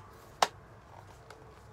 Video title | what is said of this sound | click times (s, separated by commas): The First fully covered ballistic helmet with respirator system. DEVTAC RONIN CS | and then it locks in place | 0.4 s